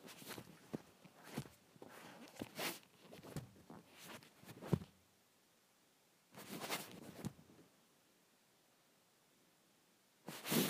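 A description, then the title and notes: Swishing around the microphone in bursts of rough, airy rustles, busy for the first five seconds, then quiet gaps broken by two shorter swishes. ASMR Swishing around the Microphone.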